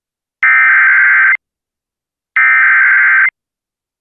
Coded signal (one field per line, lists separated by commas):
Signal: Emergency Alert System (SAME) tones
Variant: header bursts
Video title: ANOTHER MDT DAY IN TEXAS! EAS Alerts from 5/17/2021 (EAS #302-324)